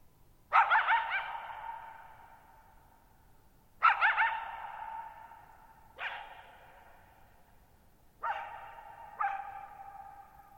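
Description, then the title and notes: Coyote barking at irregular intervals, five sharp calls over ten seconds, the first two with wavering yips, each fading in a long echo. One coyote at night, July 14, 2019, near Thirtymile Meadows, Okanogan National Forest, Okanogan High Country, Pacific Northwest, 6400 ft (1950 m), shallow bowl-shaped meadow on a high dry plateau. "Lone Coyote at Thirtymile Meadows. night of July 14, 2019, camped near Thirtymile Meadows in the Okanogan National Forest at 6400 ft (1950 m)"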